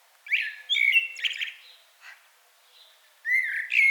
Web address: SETE Turdus merula